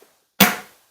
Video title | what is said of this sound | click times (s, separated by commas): $28 DOLLAR Bissell 3 in 1 Vacuum- Testing it on: 🐕 Food-Rice-Coffee-Flour | and it releases | 0.4 s